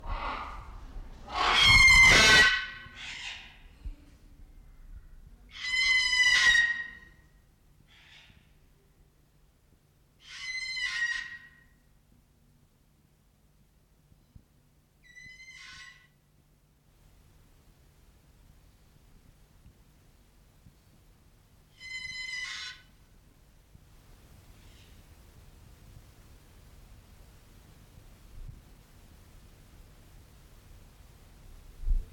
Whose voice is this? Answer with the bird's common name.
Salmon-crested Cockatoo